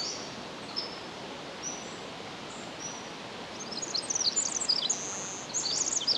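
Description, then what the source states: Pacific wren song, with scattered high thin notes giving way to quick, sparkling bursts of jumbled high trills against a hissy background. Recorded 10 July 2011 at 06:35.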